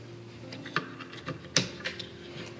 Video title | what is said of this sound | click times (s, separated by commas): What are all these cables for ? | align in the socket and give it a gentle push until it clicks | 1.6 s